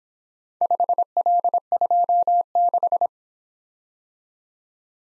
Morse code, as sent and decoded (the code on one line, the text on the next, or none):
..... .-.. ..--- -....
5L26